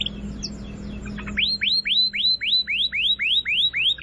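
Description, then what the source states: Canary phrase: a few short chirps, then a steady series of upward-sweeping whistled notes repeated about four times per second. Canary song recording used as a lure for birds.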